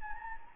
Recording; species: mosquito wingbeat signal from an infrared sensor; Anopheles gambiae